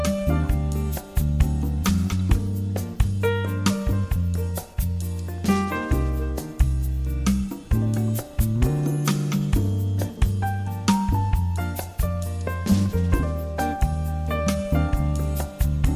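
Smooth jazz plays with a deep, steady bass line, sustained chords and bright tinkling notes over a regular, tapping beat throughout.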